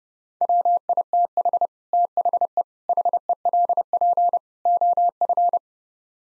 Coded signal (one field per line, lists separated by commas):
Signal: Morse code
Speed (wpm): 35 wpm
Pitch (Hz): 700 Hz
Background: none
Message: WITH THE HELP OF